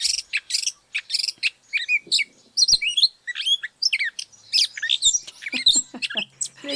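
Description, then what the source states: Gray Catbird song, a long rambling run of squeaky, chattering and slurred notes, constantly changing phrases packed closely together. Talkative garden bird in the Northeast; a mimic that copies other birds' sounds.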